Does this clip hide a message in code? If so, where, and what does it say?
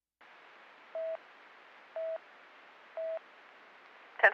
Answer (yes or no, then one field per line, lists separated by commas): no